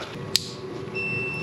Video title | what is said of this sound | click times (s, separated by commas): Audi A4 Spark Plug & Ignition Coil Replacement - DIY | and then each one individually until you hear them click | 0.4 s